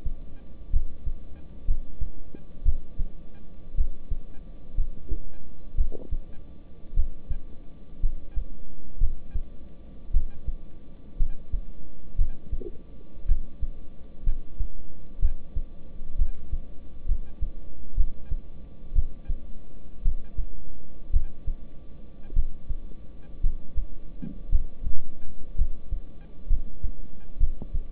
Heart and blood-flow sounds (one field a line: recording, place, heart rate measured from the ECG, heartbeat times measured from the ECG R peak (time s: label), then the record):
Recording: heart sounds by stethoscope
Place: between the tricuspid and mitral areas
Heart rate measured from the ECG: 58 bpm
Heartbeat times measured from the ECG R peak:
0.71 s: heartbeat
1.66 s: heartbeat
2.63 s: heartbeat
3.75 s: heartbeat
4.75 s: heartbeat
5.75 s: heartbeat
6.94 s: heartbeat
8.01 s: heartbeat
8.98 s: heartbeat
10.11 s: heartbeat
11.17 s: heartbeat
12.16 s: heartbeat
13.26 s: heartbeat
14.24 s: heartbeat
15.20 s: heartbeat
16.17 s: heartbeat
17.06 s: heartbeat
17.95 s: heartbeat
18.93 s: heartbeat
20.03 s: heartbeat
21.11 s: heartbeat
22.34 s: heartbeat
23.41 s: heartbeat
24.50 s: heartbeat
25.56 s: heartbeat
26.47 s: heartbeat
27.38 s: heartbeat
From the record:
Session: rest, lying down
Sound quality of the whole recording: good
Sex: male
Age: 26 years